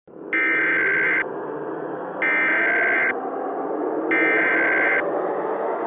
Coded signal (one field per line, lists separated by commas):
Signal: Emergency Alert System (SAME) tones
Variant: header bursts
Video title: EAS Test: Giant Kinito & Stickman Destroying California, Nevada, Oregon, & Washington